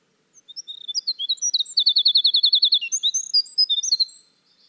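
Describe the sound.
Winter wren singing a high, rapid cascade of tinkling notes, with a fast, even trill in the middle and jumbled twitters before and after.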